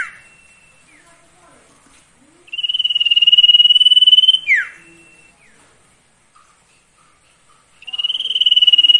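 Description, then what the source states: Sirtu song: a loud, fast-pulsed trill held on one pitch for nearly two seconds, then a steep downward sweep, with scattered faint chirps between phrases. Masteran tutor recording for training cage birds, presenting the full range of song variations.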